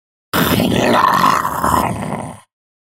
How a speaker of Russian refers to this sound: Эта свинья выразилась так.